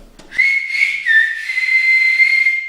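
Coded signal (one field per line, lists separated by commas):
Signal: whistled language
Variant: Silbo Gomero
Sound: a loud sustained whistle near 2 kHz with a brief dip, like a call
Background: outdoor hiss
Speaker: vamos a llamar a Melody Llama por ella como si estuvieras a una distancia muy larga llámala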